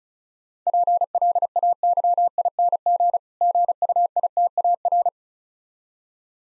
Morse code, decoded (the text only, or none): PLAYING GUITAR